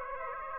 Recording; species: mosquito wingbeat signal from an infrared sensor; Aedes aegypti